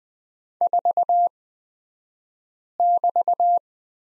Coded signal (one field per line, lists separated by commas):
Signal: Morse code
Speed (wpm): 20 wpm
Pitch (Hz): 700 Hz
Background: none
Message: 4<BT>